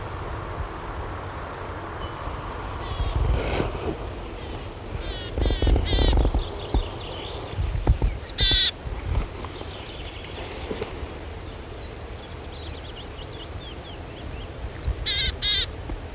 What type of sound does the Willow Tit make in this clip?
call